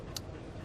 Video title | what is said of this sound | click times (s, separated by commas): Ford Freestar Ignition Coil Replacement: Fixing Fords Across America- Indiana | till it clicks like that. | 0.2 s